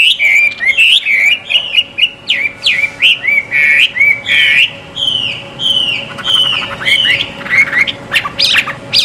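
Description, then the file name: Chinese hwamei singing loud, varied whistled phrases, repeated slurred notes rising and falling in quick series, with a low constant hum in the background. Recorded at a bird gathering. "audio gathering hwamei. omkicau"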